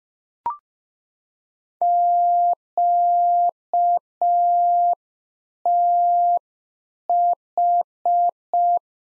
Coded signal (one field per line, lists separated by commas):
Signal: Morse code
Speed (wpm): 5 wpm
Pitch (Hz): 700 Hz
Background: none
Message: QTH